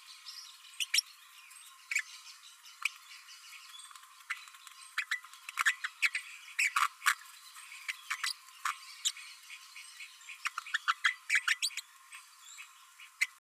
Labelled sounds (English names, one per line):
Green-rumped Parrotlet babbling